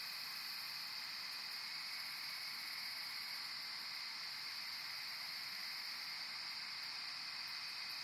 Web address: Ambience, Night, Corn, Field, Crickets, Chirp, Insects